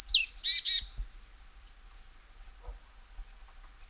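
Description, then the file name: Marsh tit calling: a quick downward-sliding high note, then two rapid buzzy, harsh notes, with faint high chirps afterward. "Poecile palustris"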